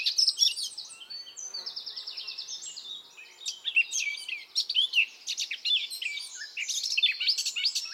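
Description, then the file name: Eurasian blackcap in continuous song, a dense babbling warble of sharp chips and short whistles. "Sylvia atricapilla"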